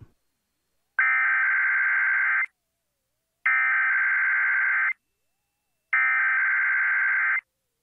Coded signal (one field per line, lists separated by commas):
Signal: Emergency Alert System (SAME) tones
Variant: header bursts